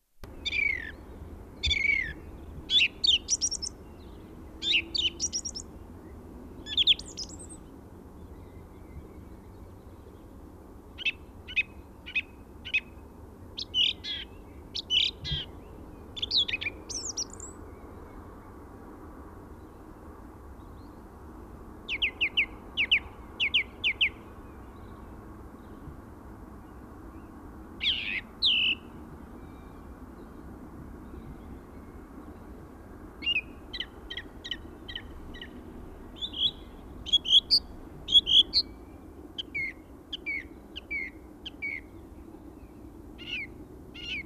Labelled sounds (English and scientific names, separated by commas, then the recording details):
Song Thrush (Turdus philomelos) song
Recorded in the wild
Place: Garmisch-Partenkirchen, Bayern, DE
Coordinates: 47.5022, 11.0817
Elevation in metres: 847
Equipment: Uher 4000 Report
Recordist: Tretzel, Erwin